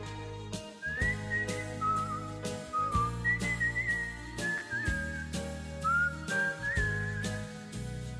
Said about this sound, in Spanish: soñador con aire burlón, furtivo cazador de estrellas al amanecer, altivo como un rey, silbando una canción de amor.